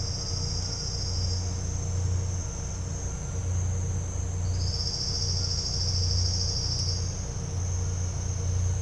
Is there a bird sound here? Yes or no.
no